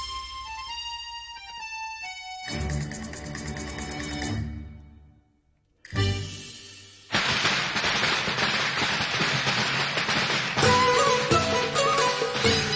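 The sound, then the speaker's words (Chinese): A short electronic chime melody plays, then loud strings of firecrackers set off for the New Year burst in dense, rapid crackling, pausing briefly before a sustained barrage of popping and banging continues to the end. “去到北宋的时候，爆竹的制作技术亦都有很大的改进，开始出现了用纸卷包住火药的燃放物，还会有单响和双响的分别，于是就改名变成炮仗，或者叫做鞭炮了。”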